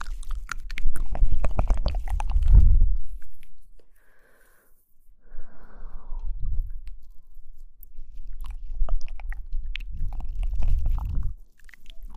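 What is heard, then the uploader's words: Mouth sounds of chewing and biting, with wet clicks and soft crunches coming in uneven bursts. The busiest stretch is in the first four seconds, with a heavy low thump near 2.5 seconds. A brief quiet gap follows, then chewing resumes around 5 and 10–11 seconds. Mouth Sounds.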